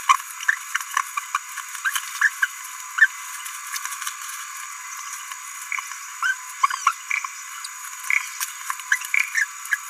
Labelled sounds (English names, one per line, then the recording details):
Green-rumped Parrotlet babbling
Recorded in a nest box in Venezuela
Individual 18B17A3